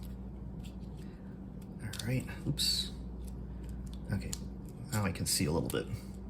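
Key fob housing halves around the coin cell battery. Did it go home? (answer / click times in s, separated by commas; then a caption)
no / none. Someone talks while handling the two plastic halves of a Ford Focus RS key fob housing at a kitchen countertop, after replacing the CR2032 coin cell battery, with faint taps and small handling sounds throughout. Nothing has snapped together or seated yet.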